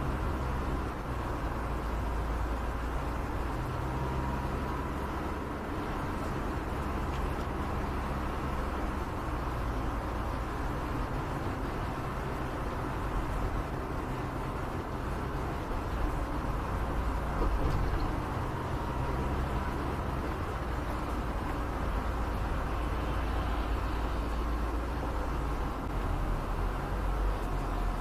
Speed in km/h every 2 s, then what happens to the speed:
91, 91, 91, 89, 90, 90, 90, 90, 90, 90, 90, 90, 90, 91.
0-28 steady at about 90.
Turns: none.